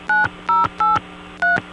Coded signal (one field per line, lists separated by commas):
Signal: DTMF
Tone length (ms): 170 ms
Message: 9083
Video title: Evan Doorbell: George, The Interactive Answering Machine